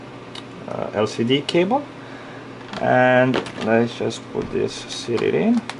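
During reassembly of a Lenovo Legion laptop in a keyboard replacement, an internal cable or wiring piece, likely the Wi-Fi antenna or LCD cable, is handled toward its connector or clip. Someone talks throughout, with a brief sharp tick near 0.4 seconds and faint handling noise in between. Nothing has seated or clicked into place yet.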